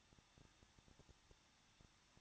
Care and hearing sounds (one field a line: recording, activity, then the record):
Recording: daily activity, microphone in the room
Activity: no activity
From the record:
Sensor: 3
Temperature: 21.2 degrees Celsius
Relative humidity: 36.2%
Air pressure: 1006.4 hPa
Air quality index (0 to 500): 221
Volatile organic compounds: 40 ppm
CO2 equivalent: 3146 ppm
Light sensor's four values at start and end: 2/3/2/2 and 2/3/2/2